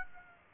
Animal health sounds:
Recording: mosquito wingbeat signal from an infrared sensor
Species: Aedes aegypti

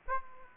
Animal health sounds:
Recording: mosquito wingbeat signal from an infrared sensor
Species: Aedes aegypti

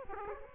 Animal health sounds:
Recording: mosquito wingbeat signal from an infrared sensor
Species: Aedes aegypti

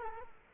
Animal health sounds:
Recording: mosquito wingbeat signal from an infrared sensor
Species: Culex quinquefasciatus

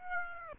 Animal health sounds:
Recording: mosquito wingbeat signal from an infrared sensor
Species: Aedes aegypti

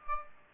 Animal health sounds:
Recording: mosquito wingbeat signal from an infrared sensor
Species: Aedes aegypti

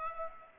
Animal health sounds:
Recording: mosquito wingbeat signal from an infrared sensor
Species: Aedes aegypti

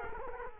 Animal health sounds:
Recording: mosquito wingbeat signal from an infrared sensor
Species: Culex quinquefasciatus

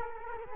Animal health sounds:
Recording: mosquito wingbeat signal from an infrared sensor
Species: Culex quinquefasciatus

